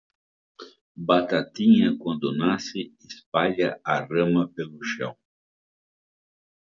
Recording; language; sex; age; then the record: short text; Brazilian Portuguese; male; 70 to 79 years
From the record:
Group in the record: control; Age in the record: 71 years